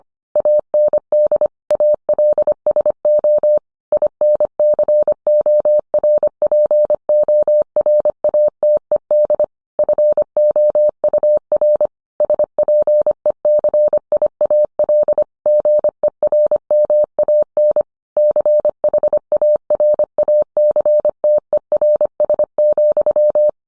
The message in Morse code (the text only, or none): AND ALSO INCORPORATED FOUR SPECIAL GERMAN CHARACTERS,